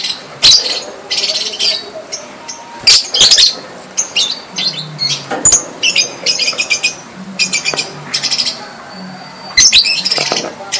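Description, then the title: Java sparrow song: a jumble of sharp high chirps and clicks, with short bursts of rapid buzzy notes scattered through. "kicau gelatik"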